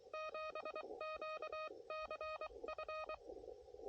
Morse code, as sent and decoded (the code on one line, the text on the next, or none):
--... --.- -.-. ..-.
7QCF